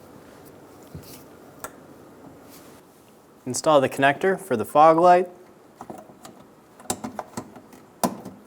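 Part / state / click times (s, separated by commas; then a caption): wiring harness connector into fog light socket / seated / 8.0 s. A plastic wiring harness connector is pushed onto the fog light socket behind the front bumper of a 2007–2011 Toyota Camry while someone talks, with a few faint handling clicks after the speech. A sharp click at 8.0 s marks the connector locking onto the socket and seating in place.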